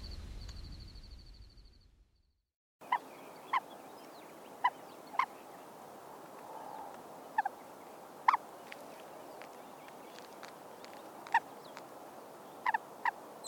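Bird calls: short, sharp notes scattered irregularly against a steady background hiss, after a brief high tone and a silent gap at the start.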